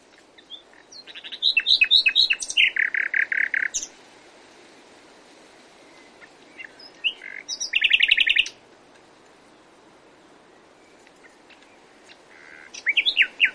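Common nightingale song: loud phrases of rapid repeated notes and fast chattering trills in bursts, separated by pauses, with a low background hiss.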